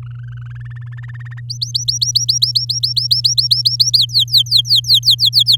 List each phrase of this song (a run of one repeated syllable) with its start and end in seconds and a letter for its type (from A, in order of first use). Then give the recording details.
0.03-0.88 A, 0.92-1.40 B, 1.49-3.98 C, 3.98-5.56 D. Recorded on 11 May 2018 at 05:43. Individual llb16